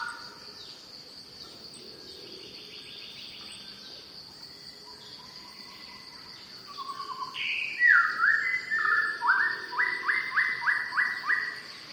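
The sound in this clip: Shama song: after quiet opening phrases, a loud run of clear whistled notes, some rising and some sliding down, over a steady high insect hum.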